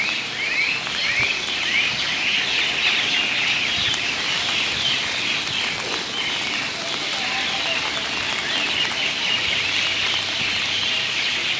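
Birds chirping: many small overlapping chirps and twitters throughout, set against a steady hiss of falling rain.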